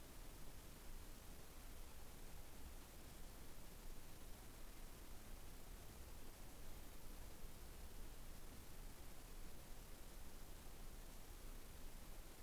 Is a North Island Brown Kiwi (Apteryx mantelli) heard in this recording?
no